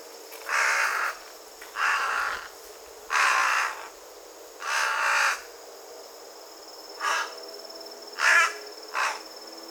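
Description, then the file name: Carrion crow giving harsh, hoarse caws, four longer ones spaced about every one and a half seconds, then three shorter caws, over a steady background hiss. "Corvus corone"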